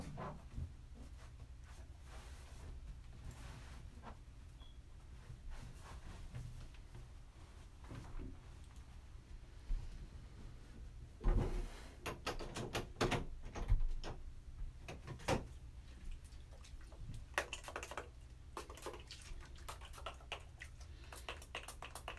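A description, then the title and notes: Someone taking a shower, with a steady low rumble running underneath the whole time. Scattered knocks and clatters break in, thickening between about 11 and 17 seconds, where the loudest bangs land, then thinning again toward the end. Taking a shower.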